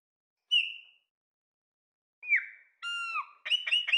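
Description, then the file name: Chopi blackbird giving a few separate whistled notes: a bright whistle, a pause, then a downslurred whistle, a falling whistle and a quick trio of sharp chips. "Passaro preto"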